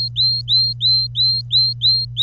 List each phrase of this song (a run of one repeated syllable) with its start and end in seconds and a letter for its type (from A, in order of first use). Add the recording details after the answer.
0.00-2.23 A. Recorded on 25 April 2018 at 08:14. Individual llb3